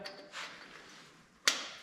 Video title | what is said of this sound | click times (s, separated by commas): VW aircooled engine: Valve clearance adjustment | okay so number four we'll click this on here | 1.5 s